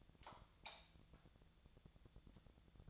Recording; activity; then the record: daily activity, microphone in the room; light off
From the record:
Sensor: 3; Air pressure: 1000.0 hPa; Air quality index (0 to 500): 123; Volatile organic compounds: 2 ppm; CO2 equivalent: 1106 ppm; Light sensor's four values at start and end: 35/91/38/42 and 33/84/36/39